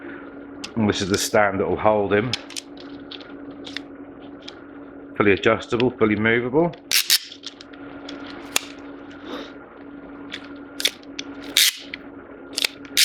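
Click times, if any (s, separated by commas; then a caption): 8.6 s, 11.6 s, 12.7 s. Adjustable arm segments of a plastic action-figure display stand are assembled after someone talks. They snap into position with sharp clicks at 8.6, 11.6 and 12.7 seconds and lock into place.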